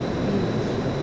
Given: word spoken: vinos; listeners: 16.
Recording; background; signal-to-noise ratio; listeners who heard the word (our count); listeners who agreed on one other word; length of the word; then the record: one Spanish word in noise, from a listening test; speech-shaped noise; -6.3 dB; 2 of 16; 8 of 16; 0.62 s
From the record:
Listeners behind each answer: 8, 2, 1, 1, 1, 1, 1, 1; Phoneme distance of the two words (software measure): 20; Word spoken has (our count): 2 syllables, 5 phonemes, stress on syllable 1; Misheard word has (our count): 2 syllables, 5 phonemes, stress on syllable 1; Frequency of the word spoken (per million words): 18.53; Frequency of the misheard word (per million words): 199.58